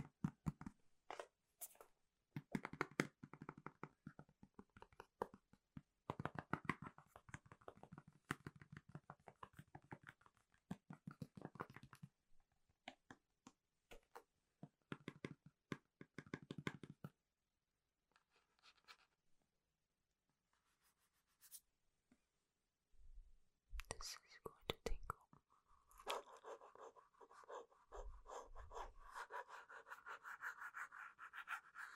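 Fingertips tap quickly on Apple devices and boxes in dense, bright bursts, pausing near 18–23 seconds before resuming faster and scratchier.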